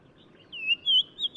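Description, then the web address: Black-crowned tchagra whistled call: a few clear, slightly wavering whistles at steady pitch; quiet background. Recorded in Morocco. "Black-crowned Tchagra. new sound approach title morocco"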